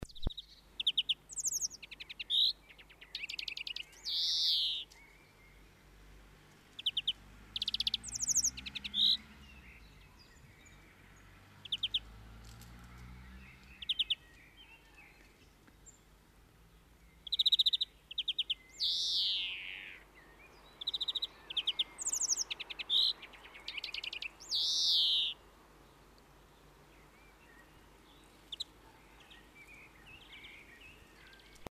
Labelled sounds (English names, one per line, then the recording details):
European Greenfinch song
Common Blackbird
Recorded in the wild
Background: Turdus merula
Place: Kaiserslautern, Rheinland-Pfalz, DE
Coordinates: 49.4247, 7.77889
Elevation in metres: 279
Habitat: garden
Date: 1979-04-10
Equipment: Nagra IV
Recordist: Tretzel, Erwin
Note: Aufnahme April 1979, Garten, Kaiserslautern: Gesang